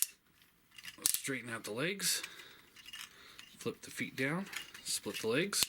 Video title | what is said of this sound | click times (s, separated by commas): Transformers review Combiner Wars Motormaster | locks into place | 0.0 s